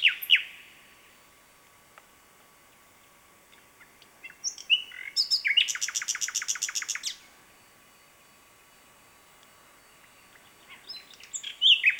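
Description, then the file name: Common nightingale song: varied sharp phrases, then a long rapid series of clicking, pulsed notes lasting about two seconds, a pause, and more varied sliding notes. "Luscinia megarhynchos"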